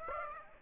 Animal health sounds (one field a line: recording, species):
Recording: mosquito wingbeat signal from an infrared sensor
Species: Aedes aegypti